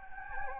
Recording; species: mosquito wingbeat signal from an infrared sensor; Anopheles gambiae